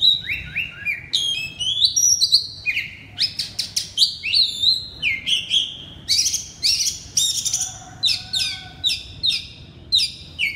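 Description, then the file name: Oriental magpie-robin song: loud, varied phrases of sharp whistles and rising and falling notes, delivered in rapid bursts throughout. Loud song style called ngeplong keras in Indonesian (kacer). "suara kacer ngeplong keras"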